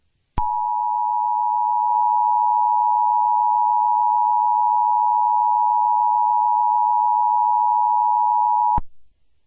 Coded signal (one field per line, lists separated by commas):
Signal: Emergency Alert System (SAME) tones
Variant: 853 and 960 Hz attention tone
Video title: Eas alert for my brother